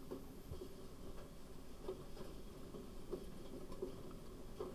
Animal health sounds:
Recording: poultry house recording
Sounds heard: no chicken sound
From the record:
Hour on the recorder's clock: 20

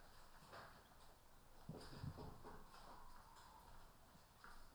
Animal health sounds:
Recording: poultry house recording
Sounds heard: healthy chickens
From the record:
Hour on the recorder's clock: 14

